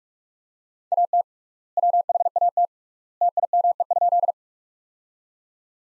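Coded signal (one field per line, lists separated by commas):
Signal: Morse code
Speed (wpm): 42 wpm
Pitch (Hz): 700 Hz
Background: none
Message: AT WHAT TIME?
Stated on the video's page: Practice sentences built from the top 100 words, sent at 45 wpm with three times standard word spacing, a word-level analogue of Farnsworth spacing.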